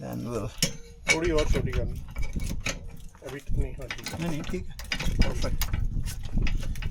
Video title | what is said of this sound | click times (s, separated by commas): We Reached the CENTRE OF CANADA! 🇨🇦 Then Our Truck Had a Problem - Alaska Road Trip Ep. 3 | ये lock नहीं हुई। | none